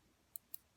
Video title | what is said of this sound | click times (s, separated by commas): Custom Mirror Finish ASP Lightsaber Commission | There's the click. There's the click for it to go back in. | 0.4 s, 0.5 s